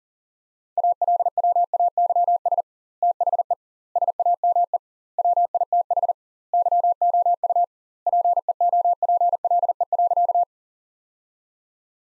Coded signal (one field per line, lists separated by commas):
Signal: Morse code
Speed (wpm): 40 wpm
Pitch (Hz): 700 Hz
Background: none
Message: ALWAYS THE SAME WITH YOU PEOPLE.